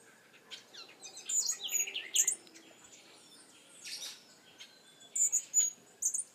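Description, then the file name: Hummingbird making high, thin twittering chips in groups, with lower slurred notes between them. "Colibri"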